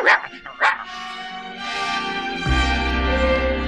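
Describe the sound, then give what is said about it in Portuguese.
A small mongrel dog, Cacá, on its birthday, gives two quick, high yapping barks, followed by sustained, steady musical tones that swell and continue to the end, with a deeper hum joining near the close. “A nossa história de hoje começa com o aniversário de Cacá, o cachorrinho vira-lata mais engraçado do mundo.”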